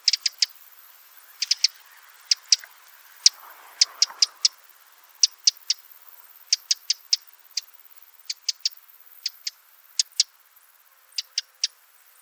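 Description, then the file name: Eurasian wren calling with sharp repeated ticks, given singly and in clusters of two to four throughout. "Troglodytes troglodytes"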